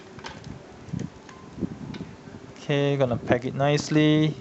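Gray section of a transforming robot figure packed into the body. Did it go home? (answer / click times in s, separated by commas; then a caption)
no / none. The gray section of a Bandai Soul of Chogokin GX-66 Tryder G7 transforming robot figure is handled and lined up to be packed into the body, giving faint handling sounds and small ticks around 0.2, 0.3, 0.4, 1.0, 1.3 and 1.9 seconds. Someone then talks from about 2.7 seconds. Nothing has clicked into place yet.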